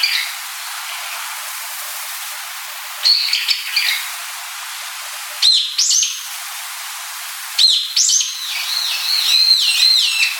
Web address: birds hiyodori